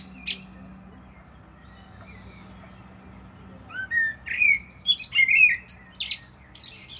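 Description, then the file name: Common blackbird song: a single brief note, a quiet pause, then a phrase of low fluted whistles rising into a quick run of high, scratchy twittering notes. "Turdus merula"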